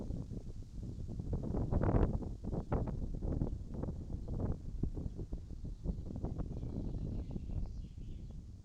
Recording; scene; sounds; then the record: everyday scene through a hearing-aid microphone; wind on the microphone; wind, birds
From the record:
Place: in front of a rural house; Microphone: in the ear canal, right